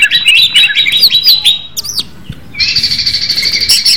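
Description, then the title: Leafbird song: bright whistled and chirping phrases, high and varied, with a buzzy trill filling the last part; no other clear sounds. "CUCAK IJO"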